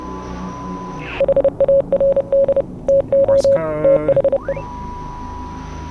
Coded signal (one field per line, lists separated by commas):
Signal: Morse code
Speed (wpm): 30 wpm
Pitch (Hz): 550 Hz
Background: none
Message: HARD TO THE